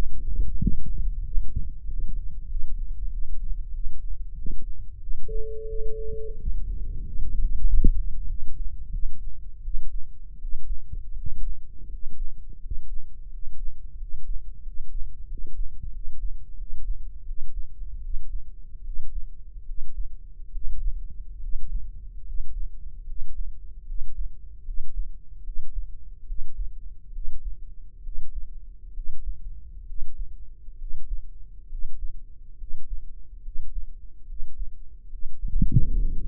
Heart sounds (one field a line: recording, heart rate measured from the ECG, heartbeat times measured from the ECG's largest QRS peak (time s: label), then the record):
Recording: heart sounds by microphone in the left ear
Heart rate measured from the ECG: 80 bpm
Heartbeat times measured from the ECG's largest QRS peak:
0.57 s: heartbeat
1.20 s: heartbeat
1.83 s: heartbeat
2.45 s: heartbeat
3.07 s: heartbeat
3.69 s: heartbeat
4.33 s: heartbeat
4.97 s: heartbeat
5.64 s: heartbeat
6.33 s: heartbeat
7.01 s: heartbeat
7.63 s: heartbeat
8.25 s: heartbeat
8.89 s: heartbeat
9.60 s: heartbeat
10.36 s: heartbeat
11.11 s: heartbeat
11.86 s: heartbeat
12.57 s: heartbeat
13.26 s: heartbeat
13.94 s: heartbeat
14.60 s: heartbeat
15.24 s: heartbeat
15.88 s: heartbeat
16.54 s: heartbeat
17.23 s: heartbeat
17.99 s: heartbeat
18.81 s: heartbeat
19.63 s: heartbeat
20.49 s: heartbeat
21.38 s: heartbeat
22.22 s: heartbeat
23.04 s: heartbeat
23.83 s: heartbeat
24.62 s: heartbeat
25.41 s: heartbeat
26.24 s: heartbeat
27.10 s: heartbeat
28.00 s: heartbeat
28.91 s: heartbeat
29.83 s: heartbeat
30.75 s: heartbeat
31.66 s: heartbeat
32.55 s: heartbeat
33.40 s: heartbeat
34.24 s: heartbeat
35.06 s: heartbeat
35.90 s: heartbeat
From the record:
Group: healthy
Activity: rest 0-7 s, breath hold 7-36 s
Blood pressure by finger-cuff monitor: 100/71 mmHg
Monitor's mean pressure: 80 mmHg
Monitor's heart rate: 75 bpm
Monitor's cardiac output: 5.3 L/min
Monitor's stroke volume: 73 mL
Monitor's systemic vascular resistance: 1060 dyn s/cm5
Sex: male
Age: 20 years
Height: 187 cm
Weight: 68.9 kg